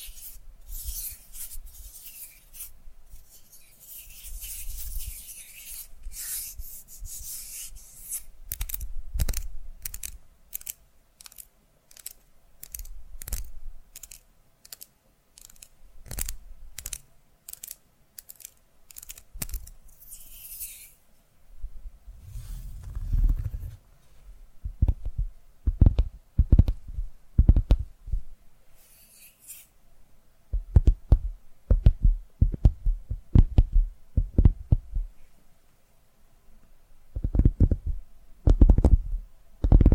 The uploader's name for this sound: ASMR Tapping Through Your Brain